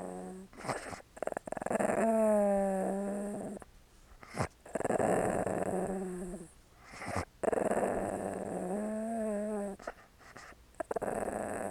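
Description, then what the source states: Dog growling in drawn-out, tonal rumbles that waver and rise, broken by short pauses and scuffling sounds. A small dog growling and licking.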